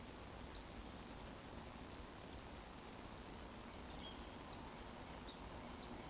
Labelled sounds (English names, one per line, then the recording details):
Eurasian Woodcock chase call
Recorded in Baden-Württemberg, Germany, on 12 June 2020 at 20:23 UTC
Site 14569, 102 m above sea level